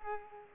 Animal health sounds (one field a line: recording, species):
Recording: mosquito wingbeat signal from an infrared sensor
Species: Culex pipiens